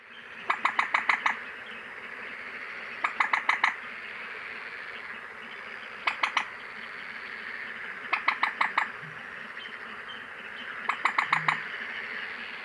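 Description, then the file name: Common moorhen clucking, bursts of four to six sharp clicky kek notes recurring every two to three seconds over a constant background hiss. "teichhuhn"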